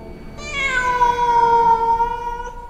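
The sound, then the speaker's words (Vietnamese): A child lets out a single long, cat-like meowing cry that rises in and then drags out for about two seconds, its strained, wailing tone sliding slowly lower before cutting off, with no talking around it. “Một đứa trẻ mở miệng, bên trong như là một cái hố máu, và kêu lên ngao một tiếng như mèo kêu.”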